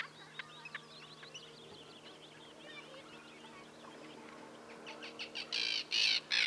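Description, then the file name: Arctic tern calls: thin, chattering notes overlap through the first seconds, then a few loud, harsh, grating bursts near the end. A steady low hum runs underneath. "Arctic Tern Sterna paradisaea"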